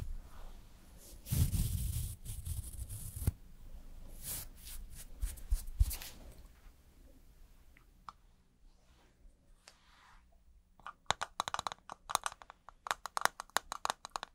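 Makeup and hair styling: loud brushing and rustling bursts fill the first six seconds, with a heavy low thump near 1.5 seconds. A quieter stretch follows, then from about 11 seconds rapid, irregular clicks and taps come in dense clusters until the end.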